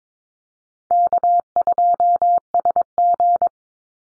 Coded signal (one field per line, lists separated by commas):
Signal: Morse code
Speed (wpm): 22 wpm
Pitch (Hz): 700 Hz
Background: none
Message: K2SG